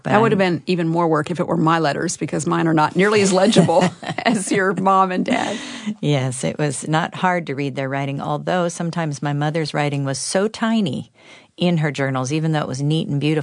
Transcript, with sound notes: That would have been even more work if they were my letters, because mine are not nearly as legible as your mom’s and dad’s! (laughter)
Yes, it was not hard to read their writing, although, sometimes my mother’s writing was so tiny in her journals—even though it was neat and beautiful;